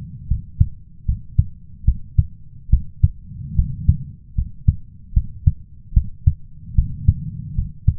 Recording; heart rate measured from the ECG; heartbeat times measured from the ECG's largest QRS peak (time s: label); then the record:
heart sounds by stethoscope; 74 bpm
0.27 s: heartbeat
1.05 s: heartbeat
1.84 s: heartbeat
2.69 s: heartbeat
3.55 s: heartbeat
4.35 s: heartbeat
5.13 s: heartbeat
5.93 s: heartbeat
6.75 s: heartbeat
7.55 s: heartbeat
From the record:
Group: healthy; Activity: rest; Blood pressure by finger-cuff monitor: 98/72 mmHg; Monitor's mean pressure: 81 mmHg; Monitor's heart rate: 74 bpm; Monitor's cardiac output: 5.3 L/min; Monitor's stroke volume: 71 mL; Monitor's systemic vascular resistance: 1110 dyn s/cm5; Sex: male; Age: 21 years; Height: 170 cm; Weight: 71 kg